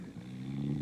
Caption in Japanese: いびきだ、誰か寝てるの。 宮脇島田中荘、夜も静まってまいりました6畳で一人大の字で寝ていらっしゃいます。